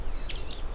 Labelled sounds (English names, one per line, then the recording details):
Stitchbird song
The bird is a male
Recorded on Tiritiri Matangi Island, New Zealand, in 2005
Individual 10, of nest box 12